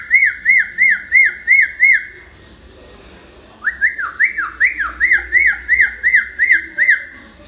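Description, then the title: Hill myna uttering rapid series of ringing chevron-shaped notes, a short burst, a pause, then a longer run. Actively singing (gacor) hill myna; tutor (masteran) recording for training other birds. "Suara Burung Beo Gacor Cocok Untuk Masteran"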